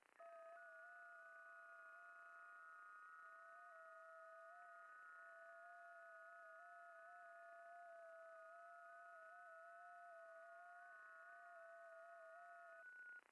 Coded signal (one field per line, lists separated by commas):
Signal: FT8